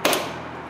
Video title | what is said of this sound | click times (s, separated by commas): How To Replace The Hood Or Trunk Strong Arms | hit it and it pops right on and then we're going to do the exact same thing up on here | 0.1 s